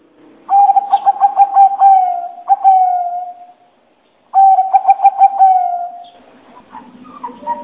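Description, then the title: Spotted dove calling clearly: two phrases of rapid stuttering coos, each trailing into a long final coo, followed by fainter low sounds. Lure call for trapping, described as the most effective. "Pikat Burung Tekukur Paling Ampuh"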